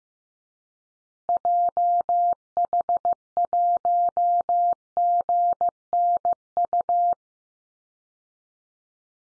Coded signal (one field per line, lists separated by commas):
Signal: Morse code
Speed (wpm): 15 wpm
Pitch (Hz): 700 Hz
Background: none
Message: JH1GNU